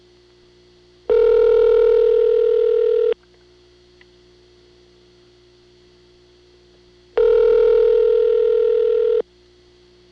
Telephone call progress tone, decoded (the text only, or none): ringback tone